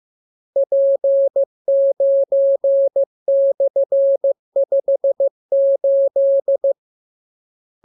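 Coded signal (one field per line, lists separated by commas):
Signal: Morse code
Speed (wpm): 15 wpm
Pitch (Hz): 550 Hz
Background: none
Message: P9/58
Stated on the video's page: Morse code lesson 30 on letters, numbers and punctuation; radiogram opens with VVV and a section sign, ends with AR.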